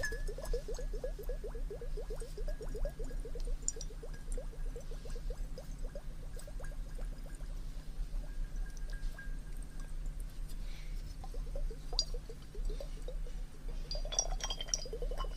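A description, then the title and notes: Wet ear-cleaning sounds: rapid, steady crackling and squelching over a low hum, with brighter clinks and a louder burst near the end. TimASMR- Ear Cleaning & Ear Massage Water Sounds.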